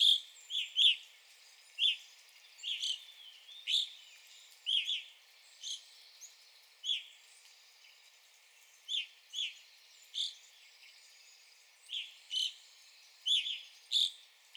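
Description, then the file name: Evening grosbeak calls: loud, clear chirps repeated irregularly, often doubled, many notes throughout. Recorded 9 April 2021. "2021-04-09 Evening Grosbeak"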